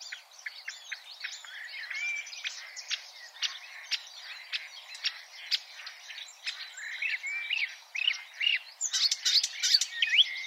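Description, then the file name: Marsh warbler giving a long, rambling song of sharp ticks, squeaky whistles and rising slurs, growing louder and busier with harsh chatter near the end. "suara kicauan burung marsh warbler. omkicau"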